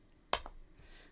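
The back of a second plastic safety eye is pressed onto the eye post in a crocheted Christmas tree stuffie pillow. It gives a sharp snap at 0.3 s and a fainter tick at 0.5 s. The back is snapped on and seated securely.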